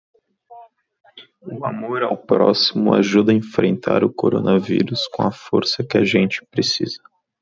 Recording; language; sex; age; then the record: spoken sentence; Brazilian Portuguese; male; 20 to 29 years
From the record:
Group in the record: control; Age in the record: 23 years